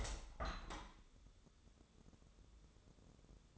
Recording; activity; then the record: daily activity, microphone in the room; open window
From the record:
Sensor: 3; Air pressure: 1014.9 hPa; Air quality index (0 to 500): 26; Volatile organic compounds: 1 ppm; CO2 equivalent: 511 ppm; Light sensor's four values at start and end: 9/22/9/9 and 10/23/9/9